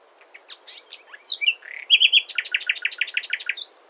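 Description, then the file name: Common nightingale song: soft scattered notes, a few louder whistles, then a fast run of many loud, evenly spaced buzzy notes. "Luscinia megarhynchos"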